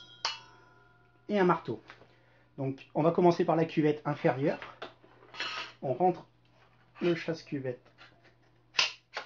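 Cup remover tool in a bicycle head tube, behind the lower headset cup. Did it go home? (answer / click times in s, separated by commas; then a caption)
yes / 8.8 s. A metal headset cup remover is pushed up through a mountain bike's head tube until its sprung fingers snap open behind the lower bearing cup. Someone talks over a steady low hum, with a bright metallic tick near the start and a short burst at 5.4 s. A sharp click at 8.8 s marks the tool seating in place, just before hammering.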